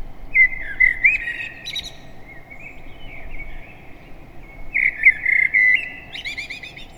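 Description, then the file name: Common blackbird singing two mellow whistled phrases, the second closing with a high, scratchy twitter, against a constant low hum. "Turdus merula"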